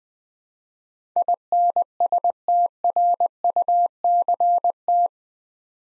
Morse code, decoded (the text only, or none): INSTRUCT